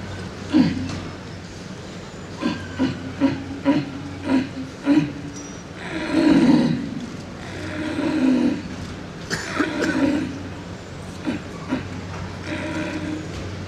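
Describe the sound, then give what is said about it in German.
A person imitates the roar of a seated, somewhat tired red deer stag at the end of the rut: a string of short, low, rhythmic grunts, then several longer, drawn-out groaning bellows, fairly loud and heard alone without talking. “Sitzender Hirsch am Ende der Brumm.”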